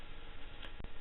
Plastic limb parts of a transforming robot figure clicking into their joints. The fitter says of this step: And all you do is just click them in. They do actually click. You can hear them actually click.